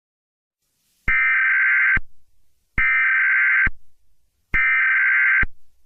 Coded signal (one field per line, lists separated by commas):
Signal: Emergency Alert System (SAME) tones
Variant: header bursts